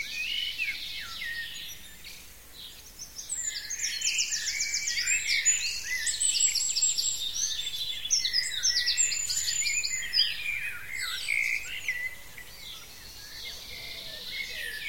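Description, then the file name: Birds sing together in a busy chorus of high chirps, rapid trills and twittering phrases, loudest in the middle. "zvuki peniia ptits"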